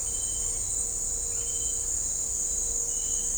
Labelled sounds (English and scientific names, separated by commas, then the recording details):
none
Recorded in dense forest near Puerto Asís, Putumayo, Colombia, on 20 December 2024 at 17:30
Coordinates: 0.499, -76.324
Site G045